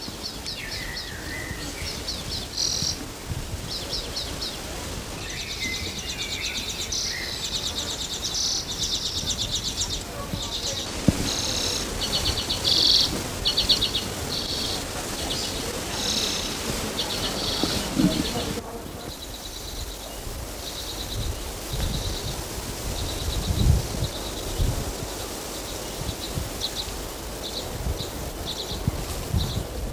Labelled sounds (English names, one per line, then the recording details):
Common Redpoll call
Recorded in the wild
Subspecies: cabaret
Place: Spiekeroog, Niedersachsen, DE
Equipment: Halbspur, 9,5 cm/s
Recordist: Lütgens, Hans
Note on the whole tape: Junge Zeisige